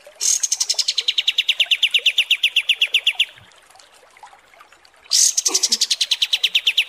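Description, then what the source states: Kapas Tembak song: long rapid trills of sharp, evenly pulsed notes that stop and then start again. Masteran (tutor) recording used to train caged birds' song, described as 'mewah' (luxurious).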